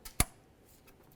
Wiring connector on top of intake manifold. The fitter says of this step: Go ahead and press it down, listen for a click.